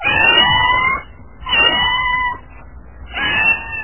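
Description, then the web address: Cat meowing: three drawn-out meows in steady succession. "koshka"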